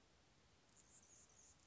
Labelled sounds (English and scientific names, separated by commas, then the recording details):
Anna's Hummingbird (Calypte anna)
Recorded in Sonoma County, California